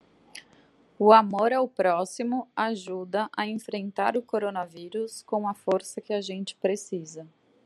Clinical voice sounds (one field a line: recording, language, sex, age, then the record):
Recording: spoken sentence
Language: Brazilian Portuguese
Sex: female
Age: 30 to 39 years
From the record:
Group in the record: control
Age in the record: 35 years